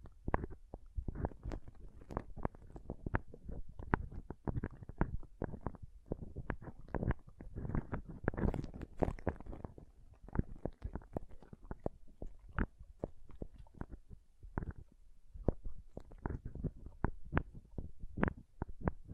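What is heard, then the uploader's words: Pom pom tingles: a steady stream of soft, muffled taps and fluffy rustles, packed closely together with no real pauses. The sounds are mostly low and thumpy, with a brighter, crackly scratching swell around the eight to nine second mark. ASMR Ultimate Pom Pom Tingles (No Talking).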